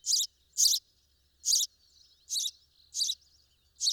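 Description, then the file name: House sparrow giving six loud chirps at uneven intervals, each a short harsh note, with faint twittering between them. "Passer domesticus"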